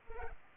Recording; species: mosquito wingbeat signal from an infrared sensor; Culex pipiens